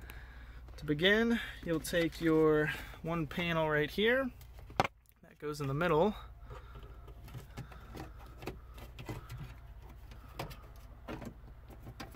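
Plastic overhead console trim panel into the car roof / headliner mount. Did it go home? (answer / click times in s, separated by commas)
no / none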